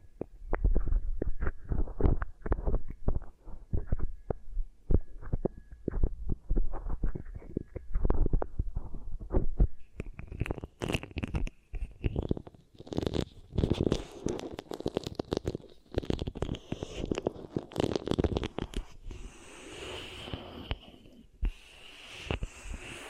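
Beeswax ear triggers: dense, irregular sticky pressing and squishing sounds, deep and thumping in the first half. After about ten seconds the sounds grow brighter and crackly, with faint squeaky tones, and the pace stays busy and uneven throughout.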